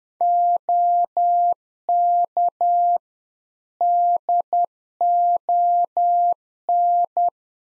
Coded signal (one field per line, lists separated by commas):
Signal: Morse code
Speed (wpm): 10 wpm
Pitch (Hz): 700 Hz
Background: none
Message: OK DON